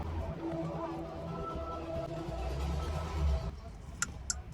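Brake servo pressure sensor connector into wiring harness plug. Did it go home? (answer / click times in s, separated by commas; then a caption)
yes / 4.0 s, 4.3 s. A non-genuine brake servo pressure sensor with no markings, on a Mini Countryman being fixed for start/stop not working, has its connector pushed into the wiring harness plug. Over a steady low hum with faint tonal lines, two sharp clicks sound at 4.0 s and 4.3 s as the connector seats.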